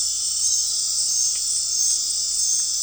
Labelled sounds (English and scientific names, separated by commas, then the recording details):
none
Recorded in dense forest near Puerto Asís, Putumayo, Colombia, on 9 March 2025 at 19:30
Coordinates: 0.499, -76.324
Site GP03